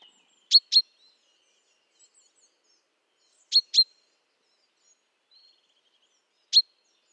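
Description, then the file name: Common chaffinch calls: short, ringing 'pink' notes, mostly in close pairs, repeated every few seconds, five notes in all, with otherwise near silence. "Fringilla coelebs"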